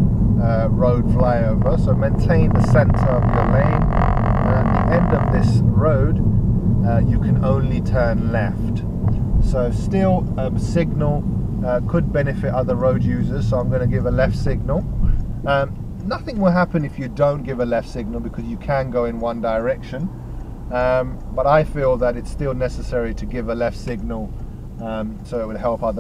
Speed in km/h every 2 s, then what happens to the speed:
39, 37, 32, 31, 27, 21, 13, 5, 3, 3, 6, 5, 3.
0-14 slows to 5. 14-26 steady at about 3.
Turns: none.